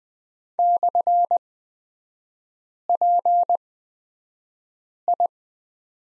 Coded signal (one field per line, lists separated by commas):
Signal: Morse code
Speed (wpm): 20 wpm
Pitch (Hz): 700 Hz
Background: none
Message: /PI